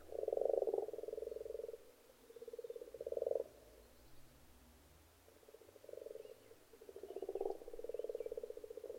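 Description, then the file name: Frogs croaking in short pulsed bursts with quieter gaps. Frogs in a pond. "benboncan frogs-in-a-pond"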